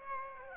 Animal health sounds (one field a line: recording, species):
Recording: mosquito wingbeat signal from an infrared sensor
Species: Aedes aegypti